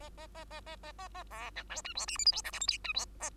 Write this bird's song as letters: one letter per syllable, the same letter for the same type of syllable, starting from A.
A A A A A A A A B C D E F G H I J K L M N E F A